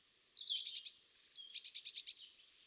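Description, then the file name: Eurasian blue tit call: a thin high note leading into a quick series of four scratchy notes, repeated once with six notes. "Cyanistes caeruleus"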